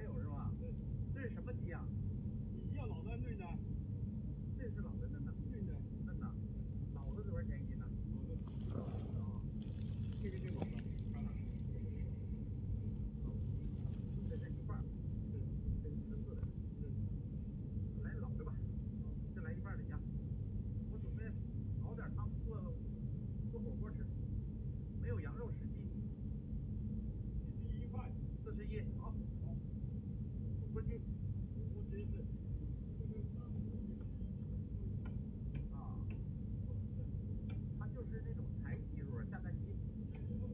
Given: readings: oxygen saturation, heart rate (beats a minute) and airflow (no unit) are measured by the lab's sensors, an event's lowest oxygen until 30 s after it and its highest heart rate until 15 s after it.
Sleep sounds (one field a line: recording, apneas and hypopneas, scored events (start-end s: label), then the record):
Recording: a person awake in a sleep study, by a smartphone at the bedside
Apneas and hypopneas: none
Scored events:
0.00-40.54 s: awake
From the record:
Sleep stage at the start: awake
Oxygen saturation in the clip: 95 to 96%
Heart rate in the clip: 68 to 74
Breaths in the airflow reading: 8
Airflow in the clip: -4.1 to 5.1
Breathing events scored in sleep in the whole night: 131 in 7.2 hours asleep